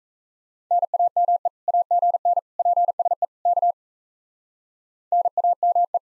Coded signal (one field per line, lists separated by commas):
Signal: Morse code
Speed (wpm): 36 wpm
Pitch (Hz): 700 Hz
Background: none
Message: NAME AGN PSE K NAME